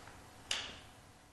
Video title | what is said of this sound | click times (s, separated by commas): Major Buggy Demonstration | you should hear this click | 0.5 s